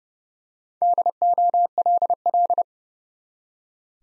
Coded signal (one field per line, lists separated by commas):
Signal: Morse code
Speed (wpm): 30 wpm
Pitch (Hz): 700 Hz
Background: none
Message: DOLL